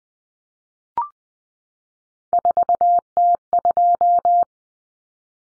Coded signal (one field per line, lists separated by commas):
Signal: Morse code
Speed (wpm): 20 wpm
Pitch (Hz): 700 Hz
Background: none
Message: 4T2